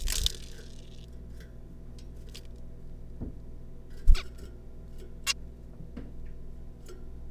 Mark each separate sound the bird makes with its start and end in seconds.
4.15-4.23, 5.27-5.33